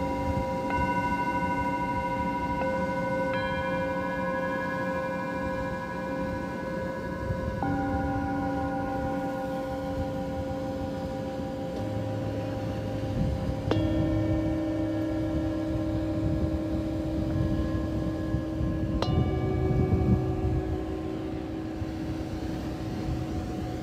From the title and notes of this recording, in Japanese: メキシコから シンギングボウルのサウンドヒーリング。メキシコ時間８／25(木)の夜 ビーチでのサウンドヒーリングのライブ収録です。波音とシンギングボウルの音。